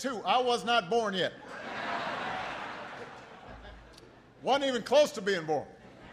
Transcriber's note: laughter